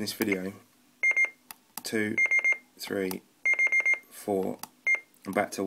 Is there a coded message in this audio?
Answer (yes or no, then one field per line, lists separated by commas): no